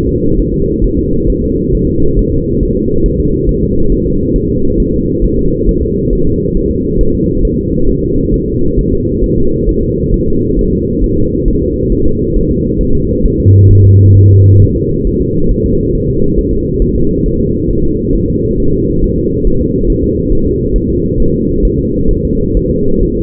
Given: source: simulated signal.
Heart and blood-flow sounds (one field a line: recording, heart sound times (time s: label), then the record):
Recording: fetal heart sounds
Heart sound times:
0.09 s: S2
0.39 s: S1
0.54 s: S2
0.84 s: S1
0.99 s: S2
1.30 s: S1
1.44 s: S2
1.75 s: S1
1.89 s: S2
2.19 s: S1
2.33 s: S2
2.63 s: S1
2.77 s: S2
3.06 s: S1
3.20 s: S2
3.49 s: S1
3.63 s: S2
3.92 s: S1
4.06 s: S2
4.36 s: S1
4.50 s: S2
4.80 s: S1
4.94 s: S2
5.24 s: S1
5.39 s: S2
5.69 s: S1
5.83 s: S2
6.13 s: S1
6.27 s: S2
6.57 s: S1
6.71 s: S2
7.01 s: S1
7.15 s: S2
7.45 s: S1
7.59 s: S2
7.89 s: S1
8.03 s: S2
8.34 s: S1
8.48 s: S2
8.79 s: S1
8.93 s: S2
9.24 s: S1
9.38 s: S2
9.69 s: S1
9.83 s: S2
10.14 s: S1
10.28 s: S2
10.59 s: S1
10.73 s: S2
11.04 s: S1
11.18 s: S2
11.48 s: S1
11.62 s: S2
11.92 s: S1
12.07 s: S2
12.36 s: S1
12.51 s: S2
12.81 s: S1
12.95 s: S2
13.25 s: S1
13.40 s: S2
13.71 s: S1
13.85 s: S2
14.16 s: S1
14.31 s: S2
14.62 s: S1
14.76 s: S2
15.07 s: S1
15.21 s: S2
15.52 s: S1
15.66 s: S2
15.95 s: S1
16.09 s: S2
16.38 s: S1
16.53 s: S2
16.82 s: S1
16.96 s: S2
17.26 s: S1
17.40 s: S2
17.71 s: S1
17.85 s: S2
18.16 s: S1
18.30 s: S2
18.60 s: S1
18.74 s: S2
19.04 s: S1
19.18 s: S2
19.47 s: S1
19.61 s: S2
19.90 s: S1
20.04 s: S2
20.33 s: S1
20.47 s: S2
20.76 s: S1
20.90 s: S2
21.20 s: S1
21.34 s: S2
21.65 s: S1
21.79 s: S2
22.11 s: S1
22.25 s: S2
22.57 s: S1
22.71 s: S2
23.03 s: S1
23.17 s: S2
From the record:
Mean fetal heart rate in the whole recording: 135 bpm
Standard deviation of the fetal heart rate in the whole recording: 3 bpm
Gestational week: 36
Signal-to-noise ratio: -16.4 dB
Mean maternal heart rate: 72 bpm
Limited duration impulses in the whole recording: present